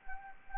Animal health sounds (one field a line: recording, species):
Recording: mosquito wingbeat signal from an infrared sensor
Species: Anopheles arabiensis